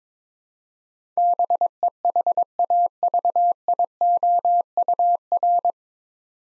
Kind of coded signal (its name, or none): Morse code